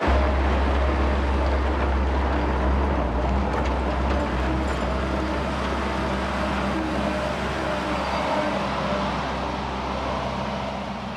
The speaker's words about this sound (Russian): На небольшой территории происходит стройка. Большие машины спецтехники ездят повсюду.